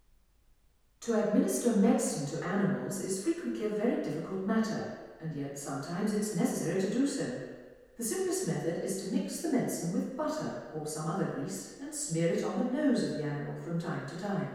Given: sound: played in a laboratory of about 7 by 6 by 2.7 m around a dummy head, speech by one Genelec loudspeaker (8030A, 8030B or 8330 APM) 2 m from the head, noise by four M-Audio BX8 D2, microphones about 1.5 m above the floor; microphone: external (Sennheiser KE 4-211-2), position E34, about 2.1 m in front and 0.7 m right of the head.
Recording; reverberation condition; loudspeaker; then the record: female speech in English; high; 90 degrees to the left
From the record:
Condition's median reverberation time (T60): about 1300 ms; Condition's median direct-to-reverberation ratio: about -4.0 dB